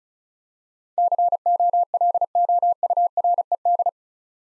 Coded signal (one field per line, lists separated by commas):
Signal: Morse code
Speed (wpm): 36 wpm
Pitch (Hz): 700 Hz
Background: none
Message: COLOURED